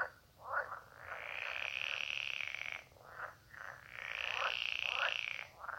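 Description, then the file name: Edible frog croaking, long rattling buzzy calls of about one and a half to two seconds alternating with short quacking croaks, several frogs overlapping. "Pelophylax kl esculentus"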